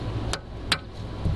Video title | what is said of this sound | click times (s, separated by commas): RV Tips You May Not Know - Distillery Tour - RV Extended Warranties - Questions Answered | snaps into place and that one's done now i just got two more to do and should be good | 0.3 s, 0.7 s